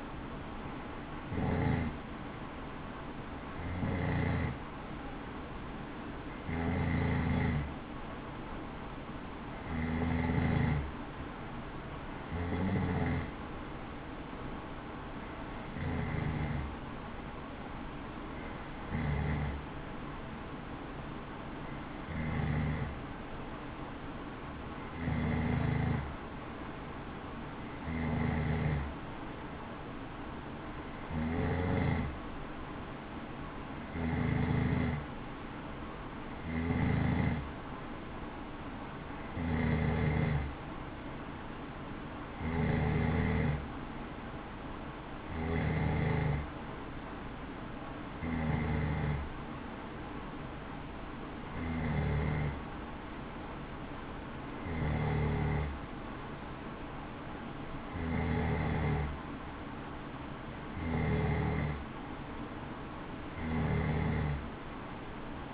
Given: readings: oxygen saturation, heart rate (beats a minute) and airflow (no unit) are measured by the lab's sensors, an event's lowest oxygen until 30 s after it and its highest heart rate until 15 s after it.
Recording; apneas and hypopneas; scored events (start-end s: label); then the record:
breathing in sleep by a voice recorder at the bedside; none
51.00-65.53 s: new sleep stage, N3 (deep sleep)
From the record:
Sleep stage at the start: N2 (light sleep); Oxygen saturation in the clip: 92 to 93%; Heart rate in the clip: 61 to 68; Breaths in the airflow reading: 22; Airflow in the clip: -5.2 to 4.3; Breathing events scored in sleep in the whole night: 216 in 7.0 hours asleep